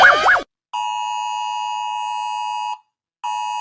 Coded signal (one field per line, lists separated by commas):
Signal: Emergency Alert System (SAME) tones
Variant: 853 and 960 Hz attention tone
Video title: Rating EAS sirens from around the world! 🌍🚨